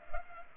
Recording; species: mosquito wingbeat signal from an infrared sensor; Culex pipiens